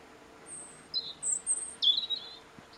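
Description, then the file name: European robin singing a few very high, thin, sliding notes ending in a brighter warbled phrase, over a quiet background. "Erithacus rubecula"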